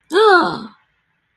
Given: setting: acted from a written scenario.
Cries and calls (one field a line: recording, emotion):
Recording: vocal sound without words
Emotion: negative surprise